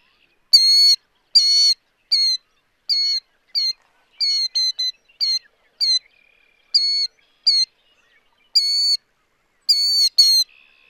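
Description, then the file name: Killdeer giving shrill, clear call notes repeated about once a second, some in quick pairs or threes, with a faint softer tone in the background. "killdeer by andrew spencer"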